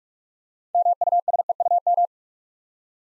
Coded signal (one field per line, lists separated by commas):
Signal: Morse code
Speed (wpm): 44 wpm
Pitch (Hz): 700 Hz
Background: none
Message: MUSEUM